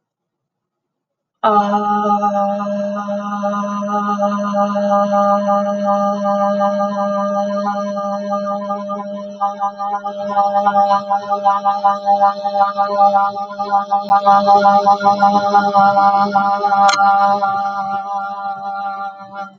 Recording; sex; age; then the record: vowel held as long as possible; female; 30 to 39 years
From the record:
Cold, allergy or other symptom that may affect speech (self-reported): no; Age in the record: 39 years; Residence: Minnesota, United States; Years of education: 12